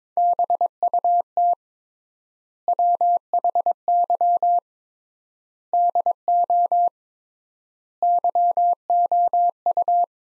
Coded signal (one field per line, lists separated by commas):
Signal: Morse code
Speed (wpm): 22 wpm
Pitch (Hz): 700 Hz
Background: none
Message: BUT WHY DO YOU